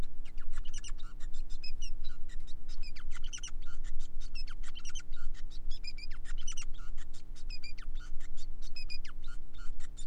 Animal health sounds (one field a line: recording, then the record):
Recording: song of a male Bengalese finch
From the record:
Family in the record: son of father 5